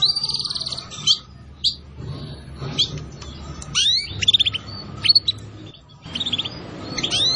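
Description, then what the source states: Canary song opening with a fast rattling trill, then sharp chirps and quick upsweeping notes in clusters, with low hum behind. Song used as a lure for catching birds.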